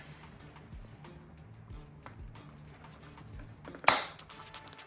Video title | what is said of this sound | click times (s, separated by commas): 2024 Honda CRF450rl “Tail tidy” installation. Using “DRC hardware” | hear that click the clip has gone up and released the inside now it should just | 3.9 s